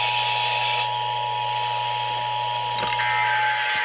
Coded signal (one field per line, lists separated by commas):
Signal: Emergency Alert System (SAME) tones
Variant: 853 and 960 Hz attention tone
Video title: SAN ANTONIOS CATCHING ALERTS... EAS Alerts From 7/12/26 - 7/15/26 (EAS#6,257 - #6,289)